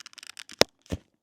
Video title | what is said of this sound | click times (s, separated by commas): BeaverCraft Nighfall - Bushcraft / Camping Fixed-Blade Knife! | Hear that snap? So there's the snap. | 0.6 s